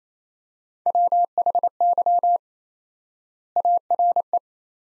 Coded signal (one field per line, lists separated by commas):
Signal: Morse code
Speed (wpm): 28 wpm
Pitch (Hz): 700 Hz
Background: none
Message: WHY ARE